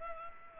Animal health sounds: mosquito wingbeat signal from an infrared sensor; Culex pipiens

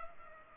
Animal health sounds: mosquito wingbeat signal from an infrared sensor; Culex pipiens

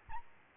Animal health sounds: mosquito wingbeat signal from an infrared sensor; Aedes albopictus

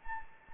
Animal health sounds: mosquito wingbeat signal from an infrared sensor; Anopheles gambiae

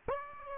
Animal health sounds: mosquito wingbeat signal from an infrared sensor; Aedes aegypti

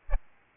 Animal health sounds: mosquito wingbeat signal from an infrared sensor; Aedes albopictus

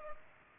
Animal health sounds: mosquito wingbeat signal from an infrared sensor; Culex pipiens

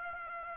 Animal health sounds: mosquito wingbeat signal from an infrared sensor; Aedes aegypti

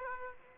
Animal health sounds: mosquito wingbeat signal from an infrared sensor; Aedes aegypti

